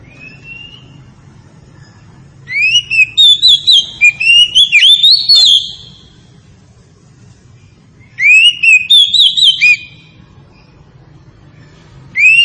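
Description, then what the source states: Oriental magpie-robin singing bursts of varied whistled and rapid chattering phrases, a lone rising whistle at the start, then loud song bouts separated by quiet pauses. Tretes variety of the oriental magpie-robin (kacer), in full song (gacor).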